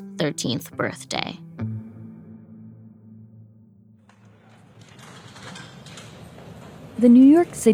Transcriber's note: ambient sound of people paying with tokens in the 1970s subway